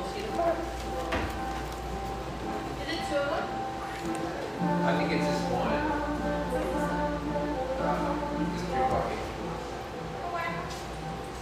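A busy cafe hums with overlapping chatter and clinking dishes, a steady low drone underneath and a thin constant tone running throughout.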